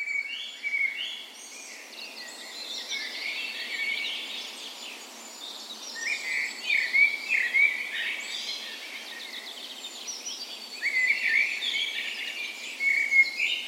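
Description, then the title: Birds: dawn chorus of many overlapping songbirds, warbling and twittering. Dawn chorus on the morning of 17 May, Norway's National Day, in a park west in Bergen, Norway, in spring; recorded with Sony PCM A10 and LOM Micro Usi microphones as tree ears. "17th Of May Dawn Chorus"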